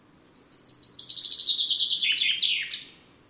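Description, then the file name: Common chaffinch song, a bright cascading trill that starts high, steps gradually lower through quick repeated notes, then closes with an emphatic terminal flourish. "Fringilla coelebs"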